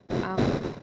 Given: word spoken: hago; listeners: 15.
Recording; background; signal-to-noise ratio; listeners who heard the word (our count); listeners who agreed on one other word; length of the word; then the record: one Spanish word in noise, from a listening test; noise modulated by one talker; -8.2 dB; 2 of 15; 10 of 15; 0.43 s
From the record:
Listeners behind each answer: 10, 2, 1, 1, 1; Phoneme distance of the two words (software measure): 17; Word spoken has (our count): 2 syllables, 3 phonemes, stress on syllable 1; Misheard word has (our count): 2 syllables, 4 phonemes, stress on syllable 1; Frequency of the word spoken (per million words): 36.79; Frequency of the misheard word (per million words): 358.56